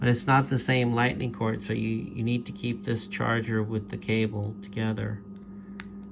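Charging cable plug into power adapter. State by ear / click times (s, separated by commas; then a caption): seated / 5.8 s. A charging cable plug is pushed into a power adapter while someone talks, and one sharp click is heard at 5.8 s as the cable seats in the charger.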